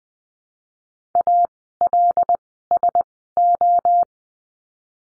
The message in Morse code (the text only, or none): A L S O